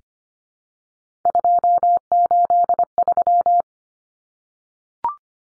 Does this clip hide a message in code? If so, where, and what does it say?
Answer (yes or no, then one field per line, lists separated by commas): yes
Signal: Morse code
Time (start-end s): 1.3-3.6 s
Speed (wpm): 25 wpm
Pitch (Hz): 700 Hz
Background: none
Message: 283